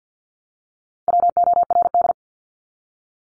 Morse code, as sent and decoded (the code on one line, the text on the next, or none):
.-- --- .-. -..
WORD